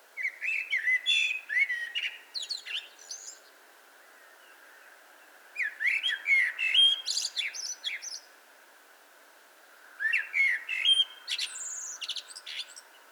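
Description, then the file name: Eurasian blackbird delivering three song phrases, each beginning with fluty, warbling whistles and trailing into high squeaky twitters, separated by silent gaps of about two seconds. "Turdus merula"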